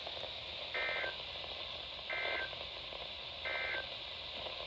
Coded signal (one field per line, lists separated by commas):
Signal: Emergency Alert System (SAME) tones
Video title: My 100th video EAS#385 -395 from 11/29/20 - 12-2-20